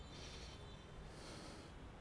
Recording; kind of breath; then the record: one breath in and out by a microphone near the nose and mouth; deep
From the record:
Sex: male